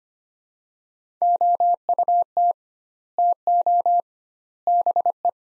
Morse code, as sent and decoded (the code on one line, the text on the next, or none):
--- ..- - / - --- / -... .
OUT TO BE